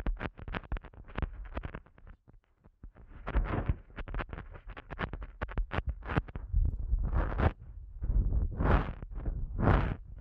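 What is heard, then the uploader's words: Eardrum-massage sounds: rapid, uneven crackling and rubbing against the microphone, with soft low thumps underneath. The scratching briefly thins out around two to three seconds, then returns denser, with louder brushing swells near seven, nine and ten seconds. ASMR Sensitive Eardrum Massage for People Who Can’t Tingle (No Talking).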